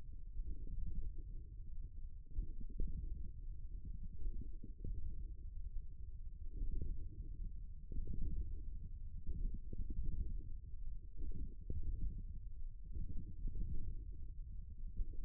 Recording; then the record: forearm muscle sounds (acoustic myography)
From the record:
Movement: ulnar deviation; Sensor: system 1, eight BSWA MPA416 microphones around the upper forearm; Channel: 8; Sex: male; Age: 54 years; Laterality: right